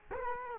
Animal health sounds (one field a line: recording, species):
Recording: mosquito wingbeat signal from an infrared sensor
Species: Culex quinquefasciatus